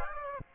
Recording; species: mosquito wingbeat signal from an infrared sensor; Aedes aegypti